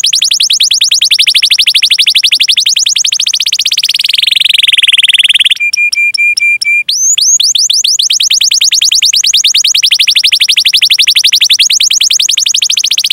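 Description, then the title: Canary song: a rapid rolling trill of high notes turns buzzy, breaks into a steady flat whistle, then a few upslurred notes before the fast trill resumes. Canary singing vigorously (gacor) with its best song style (cengkok) and richest fill phrases (isian), used for bird-song training. "Kenari Gacor Cengkok Terbaik Isian Paling Mewah"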